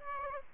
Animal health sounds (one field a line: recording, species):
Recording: mosquito wingbeat signal from an infrared sensor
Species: Aedes aegypti